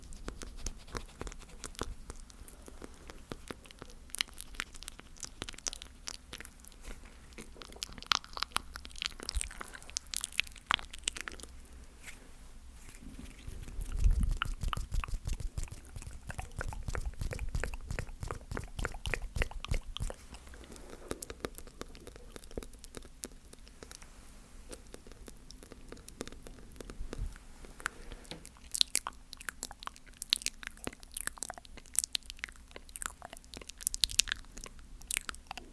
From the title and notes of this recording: ASMR Tingly ASF$K Mouth Sounds.